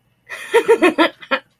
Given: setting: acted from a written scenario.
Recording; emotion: vocal sound without words; amusement